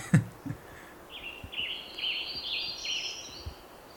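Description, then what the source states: Hermit Warbler song: a series of high, buzzy notes lasting about two seconds, with a few low thumps scattered through and faint background hiss. Field recording at H.J. Andrews Experimental Forest during the first field season in 2017, played back.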